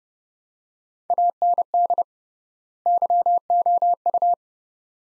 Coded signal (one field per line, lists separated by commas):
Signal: Morse code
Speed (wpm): 30 wpm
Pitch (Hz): 700 Hz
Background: none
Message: AND YOU